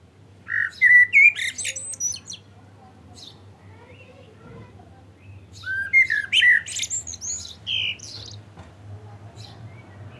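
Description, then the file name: Common blackbird song in two bursts, each a varied sequence of fluty whistles and high squeaky notes, with a quieter stretch between them. "Turdus merula"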